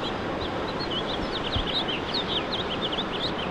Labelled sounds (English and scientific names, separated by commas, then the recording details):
House Finch (Haemorhous mexicanus) song
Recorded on Long Island, New York, on 21 March 2012
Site FL
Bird D